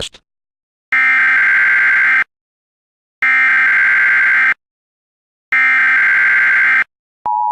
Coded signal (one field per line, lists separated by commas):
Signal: Emergency Alert System (SAME) tones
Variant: header bursts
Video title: EAS Classic: CD503TV EAS Test